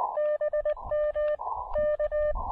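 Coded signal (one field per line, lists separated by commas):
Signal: Morse code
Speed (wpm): 20 wpm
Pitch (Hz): 600 Hz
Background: none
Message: BMK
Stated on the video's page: QRP SOTA summit activation with DX contacts, using an Elecraft KX2 and a compact AX2 antenna.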